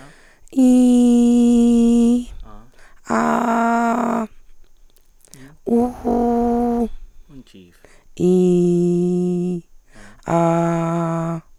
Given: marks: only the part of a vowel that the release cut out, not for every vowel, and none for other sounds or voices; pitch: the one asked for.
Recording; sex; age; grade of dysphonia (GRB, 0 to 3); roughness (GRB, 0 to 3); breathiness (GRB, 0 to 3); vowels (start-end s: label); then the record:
sustained vowels; female; 40 to 49 years; 2; 2; 1
0.75-1.57 s: vowel /i/, high pitch
3.12-4.09 s: vowel /a/, high pitch
5.78-6.34 s: vowel /u/, high pitch
8.91-9.46 s: vowel /i/, low pitch
10.54-11.23 s: vowel /a/, low pitch
From the record:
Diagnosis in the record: Reinke's edema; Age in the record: 43 years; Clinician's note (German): Beidseitig mit tiefer Stimmlage